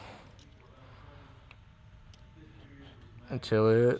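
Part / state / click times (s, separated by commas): door rod retaining clip onto door latch linkage / not seated / none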